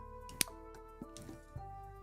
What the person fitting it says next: that was a satisfying click, right? I think that was a lovely click.